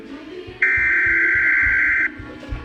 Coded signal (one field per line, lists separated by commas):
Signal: Emergency Alert System (SAME) tones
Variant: header bursts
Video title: EAS #34 Required Monthly Test